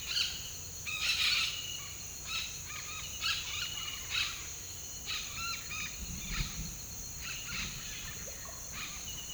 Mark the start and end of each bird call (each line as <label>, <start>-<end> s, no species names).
bird call, 0.00-0.31 s
bird call, 0.82-1.56 s
bird call, 2.27-4.32 s
bird call, 5.01-5.92 s
bird call, 6.21-6.46 s
bird call, 7.18-7.75 s
bird call, 8.72-8.96 s